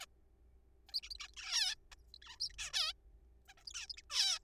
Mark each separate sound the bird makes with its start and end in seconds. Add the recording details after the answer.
0.01-0.05, 0.89-0.94, 0.94-1.00, 1.03-1.09, 1.11-1.15, 1.15-1.17, 1.20-1.27, 1.29-1.32, 1.34-1.35, 1.37-1.75, 1.92-1.95, 2.14-2.18, 2.22-2.39, 2.40-2.49, 2.50-2.52, 2.54-2.56, 2.59-2.72, 2.73-2.93, 3.49-3.53, 3.57-3.64, 3.67-3.73, 3.74-3.87, 3.90-3.93, 3.94-3.96, 3.97-4.02, 4.10-4.39. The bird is a juvenile. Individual R3428